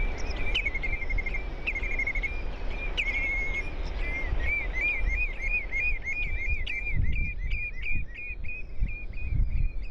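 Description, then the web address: Roseate tern calling: a few drawn-out notes, then a run of short clipped calls, with a low rumble throughout. Recorded on Trischen island. "trischen. Ros-gekürzt"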